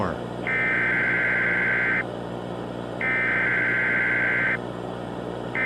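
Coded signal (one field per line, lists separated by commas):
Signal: Emergency Alert System (SAME) tones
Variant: header bursts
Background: speech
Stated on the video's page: Fictional EAS scenario.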